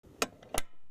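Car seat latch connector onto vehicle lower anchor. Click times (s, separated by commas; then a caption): 0.2 s, 0.6 s. The forward-facing latch connectors of a Size4Me 65 Convertible Car Seat are pushed onto the vehicle's metal lower anchors, giving two sharp, bright clicks at 0.2 s and 0.6 s, with fainter ticks around them. The clicks confirm the connectors are seated and connected to the anchors.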